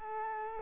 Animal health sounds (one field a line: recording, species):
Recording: mosquito wingbeat signal from an infrared sensor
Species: Culex quinquefasciatus